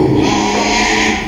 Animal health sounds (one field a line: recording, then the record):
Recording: squeal of a Yucatan mini pig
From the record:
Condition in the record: after surgery on the right vocal fold (resection and tissue-engineered implant)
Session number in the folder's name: 2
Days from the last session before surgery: 13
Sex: male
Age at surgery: 12 weeks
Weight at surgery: 13 kg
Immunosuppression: cyclosporine, prednisolone